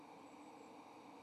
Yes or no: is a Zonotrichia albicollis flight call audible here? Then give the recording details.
no. No flight call is heard. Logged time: 11:30 on 7 November 2014